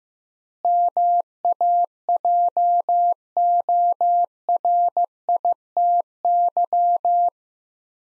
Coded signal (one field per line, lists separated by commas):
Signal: Morse code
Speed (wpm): 16 wpm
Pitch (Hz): 700 Hz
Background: none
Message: MAJORITY